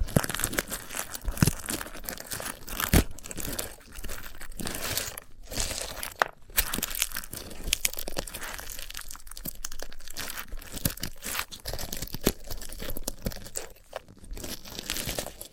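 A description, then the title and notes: Dry crackling and crinkling from handling a sunflower head, with dense clusters of sharp clicks and snaps running throughout. The texture stays busy and bright, with brief pauses around the fifth and sixth seconds and a few louder crunches scattered across the clip. ASMR of a Sunflower Head (No Talking).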